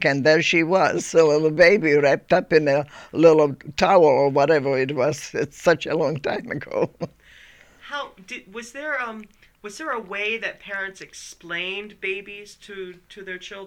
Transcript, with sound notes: And there she was, a little baby wrapped up in a little towel or whatever it was. It's such a long time ago. (she laughs)
How, did, was there, was there a way that parents explained babies to, to their children?